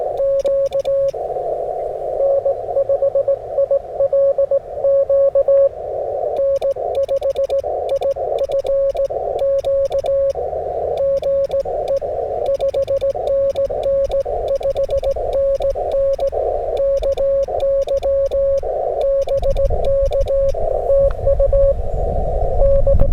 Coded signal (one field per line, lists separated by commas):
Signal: Morse code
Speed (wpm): 18 wpm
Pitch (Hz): 550 Hz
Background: radio noise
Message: Q N5ILQ N5IFQ GE 5NN 5NN KY BK TU N